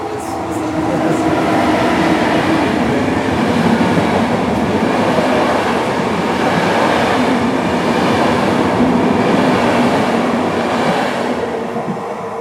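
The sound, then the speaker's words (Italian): A train pulls into a station with a loud, continuous rumbling roar and a steady droning hum, overlaid by a broad metallic hiss that holds fairly even throughout. “arriva il nostro treno, prendilo.”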